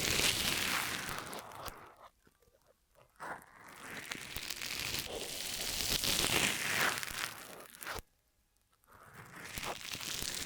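Ear massage triggers: dense, crackly rubbing and rustling fills most of the clip, swelling and easing in slow waves. The sound drops to near silence around two to three seconds and again around eight to nine seconds before the rubbing resumes.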